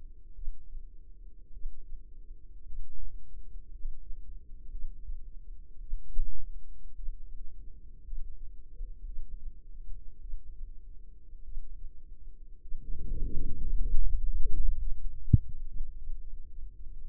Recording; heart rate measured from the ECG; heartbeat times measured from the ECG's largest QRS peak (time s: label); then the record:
heart sounds by microphone in the left ear; 54 bpm
0.34 s: heartbeat
1.52 s: heartbeat
2.64 s: heartbeat
3.70 s: heartbeat
4.70 s: heartbeat
5.79 s: heartbeat
6.94 s: heartbeat
8.03 s: heartbeat
9.04 s: heartbeat
10.19 s: heartbeat
11.43 s: heartbeat
12.60 s: heartbeat
13.64 s: heartbeat
14.50 s: heartbeat
15.67 s: heartbeat
17.00 s: heartbeat
From the record:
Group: healthy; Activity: rest 0-13 s, Valsalva maneuver 13-17 s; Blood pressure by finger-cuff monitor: 88/60 mmHg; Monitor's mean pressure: 70 mmHg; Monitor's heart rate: 54 bpm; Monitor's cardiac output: 4.1 L/min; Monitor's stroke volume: 76 mL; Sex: female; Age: 36 years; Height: 163 cm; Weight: 88 kg